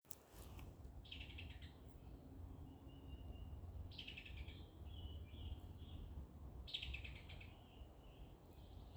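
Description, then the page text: Summer tanager calls, three short staccato bursts of clicking notes at about one, four and seven seconds, over a steady low rumble of background noise. Recorded in Maryland. "Summer Tanager by Sue Muller"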